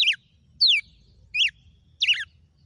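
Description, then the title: Red-cowled cardinal song: four bright, falling whistled notes in under three seconds, each sliding sharply downward. Female. "Canto Galo Campina Fêmea 06. GALO DE CAMPINA FENRIR - HJ FOI AÇOITE VIU??"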